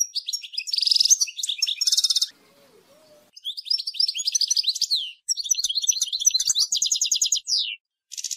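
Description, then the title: European goldfinch song, a rapid tinkling run of twittering notes and buzzy trills high in pitch, in several bursts separated by brief pauses. "Chant Chardonneret"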